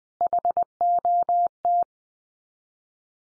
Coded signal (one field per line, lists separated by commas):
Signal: Morse code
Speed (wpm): 20 wpm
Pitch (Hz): 700 Hz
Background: none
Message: HOT